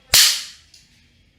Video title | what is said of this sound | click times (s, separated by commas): NALSA Inox 1000 Pro Food Processor Review - 1000W Copper Motor - Mixer Grinder Juicer | press किया। यहां पे lock हो गया है। | 0.1 s